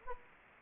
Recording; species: mosquito wingbeat signal from an infrared sensor; Anopheles gambiae